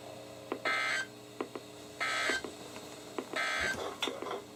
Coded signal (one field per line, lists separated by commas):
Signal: Emergency Alert System (SAME) tones